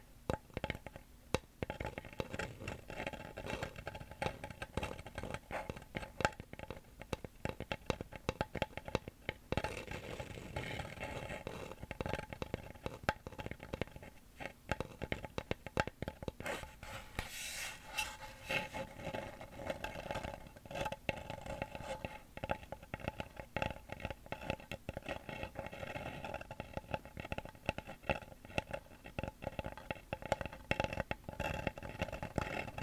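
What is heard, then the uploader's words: Tapping and scratching on wood and cork, a dense, continuous run of small clicks and scrapes with no real pauses. Sharp taps stack quickly, with a short thicker burst around seventeen seconds, over a steady low hum that holds a few fixed tones throughout. ASMR Wooden And Cork Triggers (tapping & scratching).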